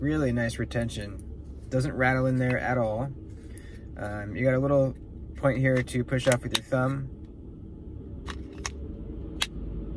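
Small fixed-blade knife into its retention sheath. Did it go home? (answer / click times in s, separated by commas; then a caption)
yes / 9.4 s. A small fixed-blade knife is pushed out of its retention sheath with the thumb at the push-off point, then reinserted. Someone talks for the first seven seconds, followed by a few short sharp clicks near 8.3 and 8.7 seconds. The knife seats in the sheath with a crisp click at 9.4 seconds.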